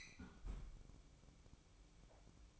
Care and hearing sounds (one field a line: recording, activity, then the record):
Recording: daily activity, microphone in the room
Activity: close fridge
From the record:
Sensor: 1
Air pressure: 1007.8 hPa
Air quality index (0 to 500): 107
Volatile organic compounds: 1 ppm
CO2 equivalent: 907 ppm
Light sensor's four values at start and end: 12/29/12/14 and 12/29/12/14